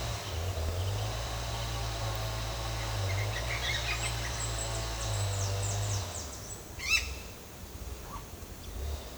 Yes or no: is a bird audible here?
yes